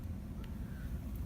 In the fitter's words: Oh, and these, when you close them, like you actually have to put a little effort to like almost hear a click. Not quite a click, but yeah.